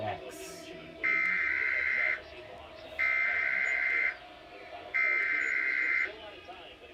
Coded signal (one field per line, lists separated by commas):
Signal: Emergency Alert System (SAME) tones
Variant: header bursts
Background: speech